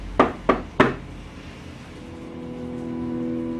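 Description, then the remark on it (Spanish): Three quick, sharp knocks on a vehicle's window glass, evenly spaced in a brisk rhythm, followed by a low, steady droning hum that continues to the end with no voices. “Por eso es que se sorprendió mucho cuando sobre el vidrio escuchó.”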